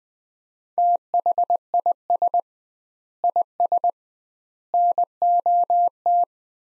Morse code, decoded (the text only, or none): THIS IS NOT